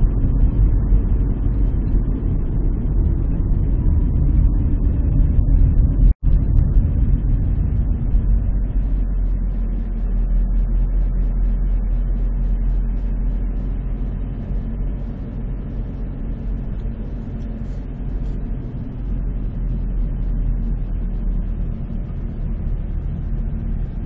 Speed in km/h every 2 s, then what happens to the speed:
37, 35, 29, 23, 20, 20, 20, 21, 21, 21, 20, 18.
0-8 slows to 20. 8-24 steady at about 20.